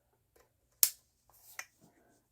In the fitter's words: and then it kind of locks in place there with this